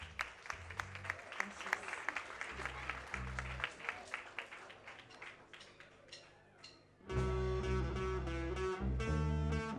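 An audience claps and cheers in a dense, steady burst of applause over a low musical backing for about six seconds, then fades as loud band music starts and takes over.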